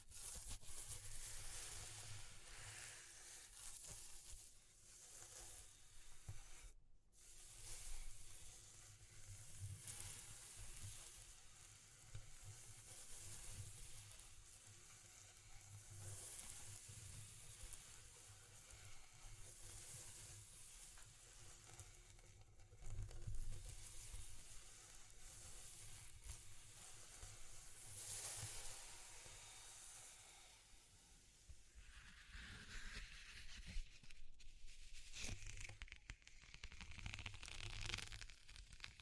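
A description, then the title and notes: Dense sizzling hiss with a low rumble underneath, briefly cutting out near seven and twenty-two seconds, then growing patchier and uneven toward the end. ASMR Exploring Textures (No Talking).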